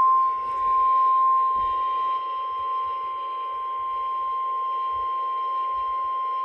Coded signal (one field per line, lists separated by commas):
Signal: Emergency Alert System (SAME) tones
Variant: 1050 Hz attention tone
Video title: From Squalls to Supercells - EAS Alerts from April 2-3, 2024 || EAS 1,149-1,171